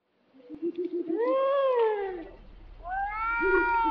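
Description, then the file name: European wildcat yowling mating call: short stuttering mews, then a long drawn wail rising and falling, followed by another rising yowl. Wildcat recorded during the mating season. "Wildkatze Felis silvestris Paarungszeit"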